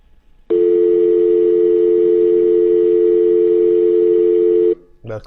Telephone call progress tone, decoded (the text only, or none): dial tone